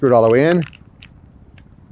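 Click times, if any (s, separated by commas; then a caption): none. A 12 g CO2 cartridge cap is being screwed into a paintball pistol. Someone talks for the first 0.6 seconds, then two faint, short ticks come at about 1.0 and 1.6 seconds over quiet background noise. Nothing has seated or clicked yet.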